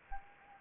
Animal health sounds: mosquito wingbeat signal from an infrared sensor; Anopheles gambiae

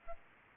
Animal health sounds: mosquito wingbeat signal from an infrared sensor; Aedes albopictus

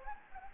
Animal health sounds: mosquito wingbeat signal from an infrared sensor; Anopheles gambiae

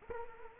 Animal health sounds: mosquito wingbeat signal from an infrared sensor; Culex quinquefasciatus

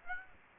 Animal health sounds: mosquito wingbeat signal from an infrared sensor; Aedes aegypti

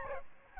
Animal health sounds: mosquito wingbeat signal from an infrared sensor; Aedes albopictus

